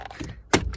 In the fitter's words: All right, with that all clicked back into place,